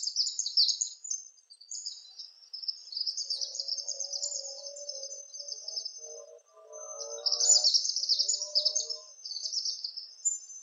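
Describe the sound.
Palm tanager chattering: long runs of high squeaky twitters, with softer lower notes in the middle.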